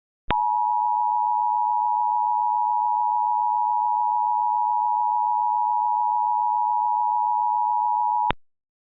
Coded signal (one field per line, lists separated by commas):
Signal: Emergency Alert System (SAME) tones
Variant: 853 and 960 Hz attention tone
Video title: EAS - Santa Cruz Tornado